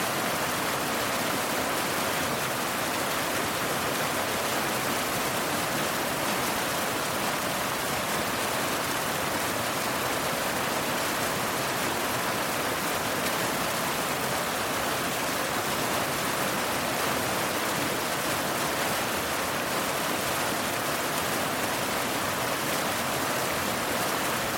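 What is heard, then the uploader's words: A steady, dense rush of falling water, like a waterfall pouring without pause. The sound is bright and hissing, spread evenly from low rumble to high spray, with no separate events or changes across the whole stretch. Enchanting Waterfall Sounds & White Noise. Water Flowing, River. Listen closely as the melodious chorus of water meets rock.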